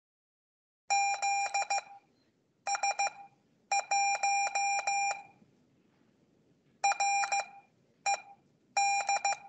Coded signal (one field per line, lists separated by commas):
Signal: Morse code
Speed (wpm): 15 wpm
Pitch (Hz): 800 Hz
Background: none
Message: ZS1 RED